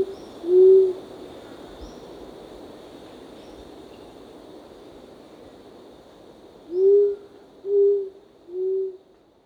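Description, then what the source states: Short-toed coucal giving a single low hoot, then after a long silence three more hoots about a second apart, the last one fainter; soft hum throughout. Recorded 1 April 2006.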